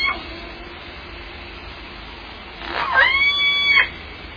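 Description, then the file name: Orca call: a loud tonal cry that sweeps upward, then holds a steady, harmonic-rich pitch before ending abruptly, over constant hiss. Recorded at Limekiln on 11 June 2014 at 22:46, late evening. "2014 06 11 22 46 25 Orca limekiln"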